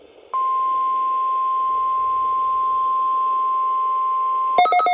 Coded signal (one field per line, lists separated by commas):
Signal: Emergency Alert System (SAME) tones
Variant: 1050 Hz attention tone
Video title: Weather Radio Wednesday Tests (EAS #945-#954)